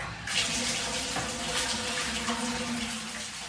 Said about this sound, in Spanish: Son pocos los días en que tenemos agua corriente de la llave. Por lo general ponen el agua por las noches y a una cantidad muy baja. Entonces pasamos muchas horas llenando botes y tinacos para tener agua para satisfacer nuestras necesidades.